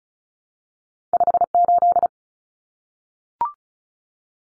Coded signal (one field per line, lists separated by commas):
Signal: Morse code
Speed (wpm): 34 wpm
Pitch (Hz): 700 Hz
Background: none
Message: 58